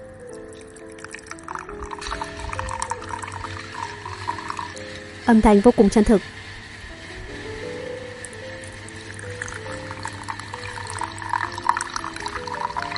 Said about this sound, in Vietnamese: Sau khi pha cà phê xong thì chúng mình cùng rót ra cốc như thế này nhé.